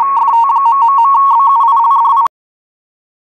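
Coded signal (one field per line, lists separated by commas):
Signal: RTTY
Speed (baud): 45.45 baud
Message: FT...BUILDI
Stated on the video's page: WLO weather broadcast in RTTY on 8472 kHz USB, received in Tampa, Florida, on a Winradio Excalibur Pro.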